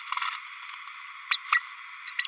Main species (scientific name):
Forpus passerinus